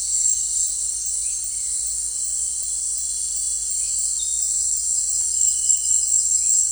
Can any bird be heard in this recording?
no